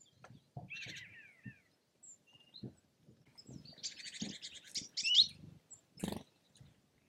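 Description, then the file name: Bird calls with hoarse, sliding chirps and a dense buzzy burst, mixed with sharp low clicking knocks throughout. "ptaki"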